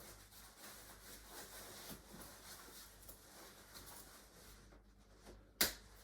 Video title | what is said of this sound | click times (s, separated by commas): Nuna TRVL: How to Remove / Mount the Fabrics | There you go, snaps into place. | 5.6 s